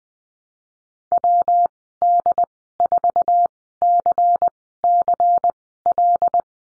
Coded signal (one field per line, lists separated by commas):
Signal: Morse code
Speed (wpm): 20 wpm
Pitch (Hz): 700 Hz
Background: none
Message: WD4CCL